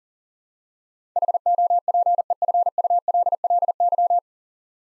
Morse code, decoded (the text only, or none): HOPEFULLY